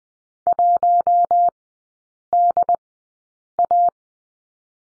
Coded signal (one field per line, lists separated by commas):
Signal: Morse code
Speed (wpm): 20 wpm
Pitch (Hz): 700 Hz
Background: none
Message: 1DA